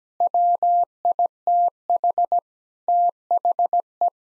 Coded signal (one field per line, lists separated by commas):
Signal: Morse code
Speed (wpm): 17 wpm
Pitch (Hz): 700 Hz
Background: none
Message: WITH THE